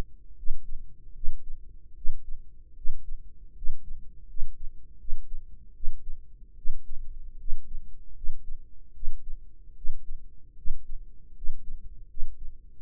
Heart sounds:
heart sounds by microphone in the right ear; 77 bpm
0.35 s: heartbeat
1.13 s: heartbeat
1.94 s: heartbeat
2.74 s: heartbeat
3.54 s: heartbeat
4.27 s: heartbeat
4.97 s: heartbeat
5.73 s: heartbeat
6.55 s: heartbeat
7.37 s: heartbeat
8.14 s: heartbeat
8.92 s: heartbeat
9.74 s: heartbeat
10.55 s: heartbeat
11.34 s: heartbeat
12.07 s: heartbeat
12.79 s: heartbeat
From the record:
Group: healthy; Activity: cold pressor test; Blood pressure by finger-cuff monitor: 142/85 mmHg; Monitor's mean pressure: 104 mmHg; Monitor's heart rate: 76 bpm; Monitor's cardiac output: 6.4 L/min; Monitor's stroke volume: 84 mL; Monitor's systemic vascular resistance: 1200 dyn s/cm5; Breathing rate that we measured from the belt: 15 breaths a minute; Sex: male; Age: 21 years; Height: 180 cm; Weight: 67.5 kg

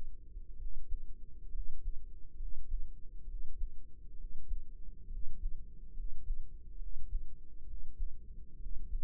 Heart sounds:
heart sounds by microphone in the right ear; 67 bpm
0.55 s: heartbeat
1.49 s: heartbeat
2.35 s: heartbeat
3.24 s: heartbeat
4.14 s: heartbeat
5.07 s: heartbeat
5.92 s: heartbeat
6.76 s: heartbeat
7.64 s: heartbeat
8.56 s: heartbeat
From the record:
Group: healthy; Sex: male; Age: 20 years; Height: 167 cm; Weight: 61 kg

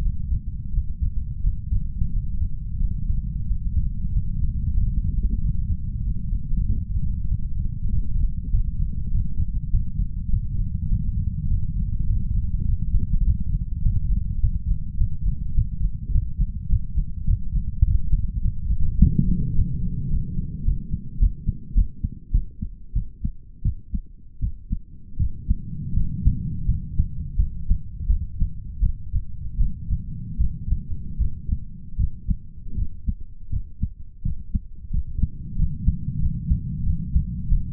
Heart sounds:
heart sounds by stethoscope; 93 bpm
0.01 s: heartbeat
0.72 s: heartbeat
1.42 s: heartbeat
2.11 s: heartbeat
2.79 s: heartbeat
3.45 s: heartbeat
4.11 s: heartbeat
4.75 s: heartbeat
5.38 s: heartbeat
6.01 s: heartbeat
6.64 s: heartbeat
7.26 s: heartbeat
7.88 s: heartbeat
8.48 s: heartbeat
9.09 s: heartbeat
9.69 s: heartbeat
10.28 s: heartbeat
10.87 s: heartbeat
11.46 s: heartbeat
12.05 s: heartbeat
12.64 s: heartbeat
13.22 s: heartbeat
13.80 s: heartbeat
14.38 s: heartbeat
14.96 s: heartbeat
15.53 s: heartbeat
16.10 s: heartbeat
16.68 s: heartbeat
17.25 s: heartbeat
17.82 s: heartbeat
18.40 s: heartbeat
18.97 s: heartbeat
19.54 s: heartbeat
20.09 s: heartbeat
20.64 s: heartbeat
21.19 s: heartbeat
21.74 s: heartbeat
22.32 s: heartbeat
22.94 s: heartbeat
23.63 s: heartbeat
24.40 s: heartbeat
25.18 s: heartbeat
25.94 s: heartbeat
26.66 s: heartbeat
27.37 s: heartbeat
28.08 s: heartbeat
28.81 s: heartbeat
29.58 s: heartbeat
30.38 s: heartbeat
31.19 s: heartbeat
31.98 s: heartbeat
32.76 s: heartbeat
33.51 s: heartbeat
34.23 s: heartbeat
34.91 s: heartbeat
35.57 s: heartbeat
36.20 s: heartbeat
36.84 s: heartbeat
37.49 s: heartbeat
From the record:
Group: healthy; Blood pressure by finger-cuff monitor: 122/84 mmHg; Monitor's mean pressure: 97 mmHg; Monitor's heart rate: 90 bpm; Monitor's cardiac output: 7 L/min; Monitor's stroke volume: 79 mL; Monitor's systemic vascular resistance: 930 dyn s/cm5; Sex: male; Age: 33 years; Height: 179 cm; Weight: 80.4 kg

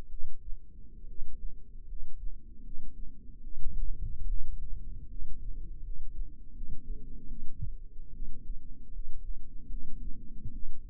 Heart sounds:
heart sounds by microphone in the left ear; 75 bpm
0.07 s: heartbeat
1.04 s: heartbeat
1.84 s: heartbeat
2.60 s: heartbeat
3.39 s: heartbeat
4.25 s: heartbeat
5.07 s: heartbeat
5.80 s: heartbeat
6.51 s: heartbeat
7.25 s: heartbeat
8.09 s: heartbeat
8.89 s: heartbeat
9.66 s: heartbeat
10.50 s: heartbeat
From the record:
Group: healthy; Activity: rest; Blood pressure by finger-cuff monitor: 114/61 mmHg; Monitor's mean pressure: 72 mmHg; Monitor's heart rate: 74 bpm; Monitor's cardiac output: 8.3 L/min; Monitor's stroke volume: 113 mL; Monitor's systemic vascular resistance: 620 dyn s/cm5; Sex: male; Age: 22 years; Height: 185 cm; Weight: 112.4 kg

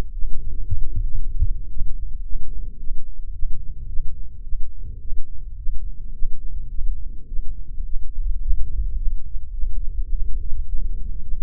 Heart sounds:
heart sounds by microphone in the left ear; 108 bpm
0.12 s: heartbeat
0.65 s: heartbeat
1.17 s: heartbeat
1.69 s: heartbeat
2.23 s: heartbeat
2.78 s: heartbeat
3.33 s: heartbeat
3.87 s: heartbeat
4.43 s: heartbeat
5.00 s: heartbeat
5.56 s: heartbeat
6.12 s: heartbeat
6.69 s: heartbeat
7.26 s: heartbeat
7.83 s: heartbeat
8.40 s: heartbeat
8.96 s: heartbeat
9.52 s: heartbeat
10.09 s: heartbeat
10.66 s: heartbeat
11.22 s: heartbeat
From the record:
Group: healthy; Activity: rest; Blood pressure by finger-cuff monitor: 102/74 mmHg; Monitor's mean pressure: 82 mmHg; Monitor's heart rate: 109 bpm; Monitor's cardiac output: 7.9 L/min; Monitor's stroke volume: 69 mL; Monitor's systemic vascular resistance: 790 dyn s/cm5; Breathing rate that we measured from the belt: 25 breaths a minute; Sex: male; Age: 20 years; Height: 187 cm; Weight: 68.9 kg

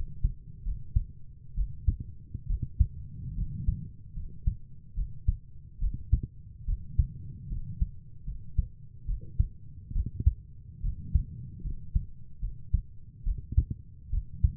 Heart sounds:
heart sounds by stethoscope; 71 bpm
0.64 s: heartbeat
1.56 s: heartbeat
2.48 s: heartbeat
3.36 s: heartbeat
4.15 s: heartbeat
4.95 s: heartbeat
5.80 s: heartbeat
6.66 s: heartbeat
7.49 s: heartbeat
8.26 s: heartbeat
9.07 s: heartbeat
9.93 s: heartbeat
10.82 s: heartbeat
11.63 s: heartbeat
12.41 s: heartbeat
13.24 s: heartbeat
14.11 s: heartbeat
From the record:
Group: healthy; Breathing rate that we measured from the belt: 16 breaths a minute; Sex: female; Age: 22 years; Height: 160 cm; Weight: 63 kg

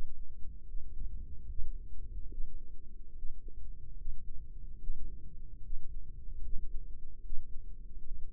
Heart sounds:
heart sounds by microphone in the left ear; 73 bpm
0.68 s: heartbeat
1.49 s: heartbeat
2.31 s: heartbeat
3.16 s: heartbeat
3.98 s: heartbeat
4.80 s: heartbeat
5.64 s: heartbeat
6.44 s: heartbeat
7.24 s: heartbeat
8.04 s: heartbeat
From the record:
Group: healthy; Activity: breath hold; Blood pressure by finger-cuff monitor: 127/59 mmHg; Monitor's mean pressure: 79 mmHg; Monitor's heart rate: 74 bpm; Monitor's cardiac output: 7.6 L/min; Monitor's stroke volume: 102 mL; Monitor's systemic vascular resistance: 770 dyn s/cm5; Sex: female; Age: 32 years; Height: 168 cm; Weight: 61.9 kg

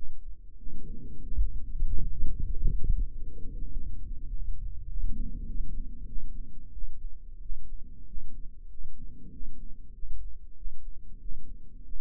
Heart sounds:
heart sounds by microphone in the right ear; 96 bpm
0.55 s: heartbeat
1.20 s: heartbeat
1.86 s: heartbeat
2.50 s: heartbeat
3.12 s: heartbeat
3.71 s: heartbeat
4.29 s: heartbeat
4.86 s: heartbeat
5.44 s: heartbeat
6.05 s: heartbeat
6.71 s: heartbeat
7.39 s: heartbeat
8.05 s: heartbeat
8.68 s: heartbeat
9.30 s: heartbeat
9.92 s: heartbeat
10.54 s: heartbeat
11.18 s: heartbeat
11.83 s: heartbeat
From the record:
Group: healthy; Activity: cold pressor test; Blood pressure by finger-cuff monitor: 139/73 mmHg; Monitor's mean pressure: 91 mmHg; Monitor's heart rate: 95 bpm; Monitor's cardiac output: 9.9 L/min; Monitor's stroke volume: 104 mL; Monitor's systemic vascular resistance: 680 dyn s/cm5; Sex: male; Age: 24 years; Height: 184 cm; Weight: 89 kg

